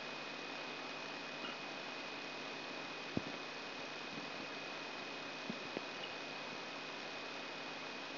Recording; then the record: brain microelectrode recording played as sound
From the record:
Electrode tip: outside the subthalamic nucleus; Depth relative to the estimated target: 4 mm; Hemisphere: left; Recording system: AlphaMap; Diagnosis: Parkinson's disease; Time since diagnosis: 6 years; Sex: female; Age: 40 years